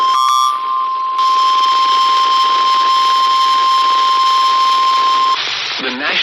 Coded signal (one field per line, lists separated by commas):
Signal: Emergency Alert System (SAME) tones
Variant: 1050 Hz attention tone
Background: speech